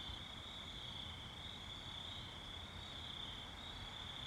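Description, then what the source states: Crickets in a steady, unbroken high trilling chorus that barely wavers, over a low background rumble. Night ambience with crickets.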